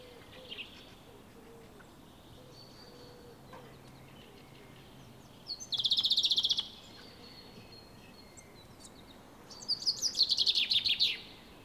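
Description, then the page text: Common chaffinch singing two separate high phrases: first a fast buzzy trill, then a quick series of sharp descending notes, over steady low background noise. Wild individual in pre-breeding season with a highly aberrant repertoire; 173 songs of nine song types recorded, with elements resembling wren and nuthatch imitations and unusual song syntax. "Chaffinch Fringilla coelebs. Ornis Fennica"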